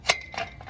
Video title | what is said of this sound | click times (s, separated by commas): Cheap Hack for Black Aluminum Fence Drive Gates. Purchase from Lowes | now the Bottom's locked | 0.1 s